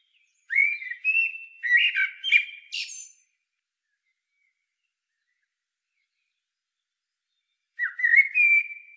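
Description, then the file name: Eurasian blackbird song: a phrase of fluted whistles topped by a sharp high squeak, long pause, then another phrase begins. "Turdus merula"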